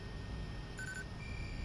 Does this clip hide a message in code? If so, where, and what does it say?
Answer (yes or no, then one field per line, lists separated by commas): no